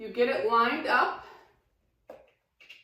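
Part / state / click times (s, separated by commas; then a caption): power controller plug into heated sauna blanket socket / seated / 2.6 s. Someone talks while lining up the power controller's plug with the socket of a HigherDOSE heated sauna blanket. After a short pause there is a faint knock at 2.1 s, then the plug is pushed in and locks into place with a soft click at 2.6 s, followed by a brief small rattle.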